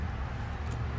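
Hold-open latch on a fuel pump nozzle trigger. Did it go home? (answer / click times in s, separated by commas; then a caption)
no / none. Someone handles the small metal hold-open latch on a fuel pump nozzle trigger, with the nozzle in the filler neck, before setting it into one of its notches. Steady low vehicle rumble and outdoor noise fill the clip, with no distinct clicks. Nothing has seated or clicked yet.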